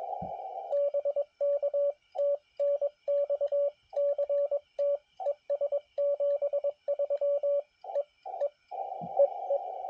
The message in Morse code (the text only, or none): BK TNX CT ES73 E E EE